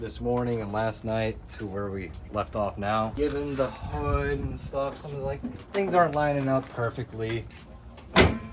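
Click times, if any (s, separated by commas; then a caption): 8.0 s. Someone talks about the damaged hood of a car not lining up perfectly. The hood is then closed, and its latch clicks shut at 8.0 s with a short, sharp bang. The hood is latched in so it won't fly up on the highway.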